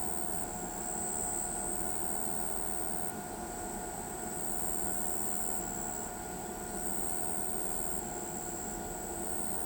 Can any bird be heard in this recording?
no